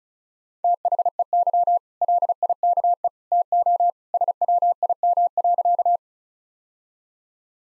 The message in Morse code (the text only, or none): THEY LIKE TO SWIM.